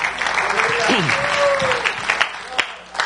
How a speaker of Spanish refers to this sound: Gracias, hermanos, se pueden sentar. Denle un aplauso a ellos.